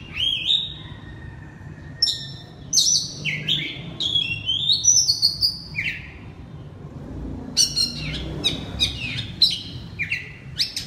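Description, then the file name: Oriental magpie-robin singing loud whistled and chattering phrases, a quieter stretch in the middle, then a series of sharp clipped notes. Oriental magpie-robin (kacer) singing loudly in ngeplong style. "suara kacer ngeplong keras"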